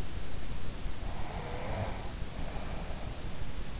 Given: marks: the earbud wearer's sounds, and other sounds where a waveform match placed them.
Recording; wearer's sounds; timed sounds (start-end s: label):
sounds in sleep by an in-ear microphone; snoring breath
1.12-3.65 s: snoring breath